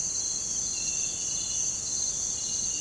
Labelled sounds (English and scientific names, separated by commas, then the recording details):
none
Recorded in pastures near Puerto Asís, Putumayo, Colombia, on 21 December 2024 at 05:30
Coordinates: 0.466, -76.322
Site G040